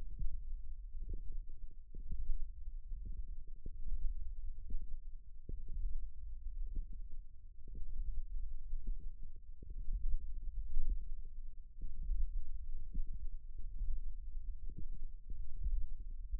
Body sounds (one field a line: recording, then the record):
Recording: forearm muscle sounds (acoustic myography)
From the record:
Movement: hook grip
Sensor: system 1, eight BSWA MPA416 microphones around the upper forearm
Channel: 6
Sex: female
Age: 21 years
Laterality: right